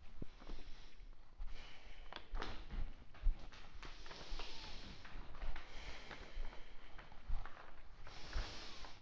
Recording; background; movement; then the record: deep breathing; quiet; walking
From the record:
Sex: male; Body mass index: 21.0 kg/m2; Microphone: on the chest, facing outward